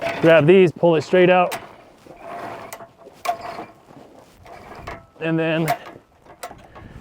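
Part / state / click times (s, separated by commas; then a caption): telescoping awning leg into its locking position / seated / 6.4 s. Someone talks while the telescoping support leg of a vehicle-mounted awning is pulled straight out. Faint mechanical clatter and scraping follow between bursts of speech. The leg snaps into its locked position with a sharp click at 6.4 s.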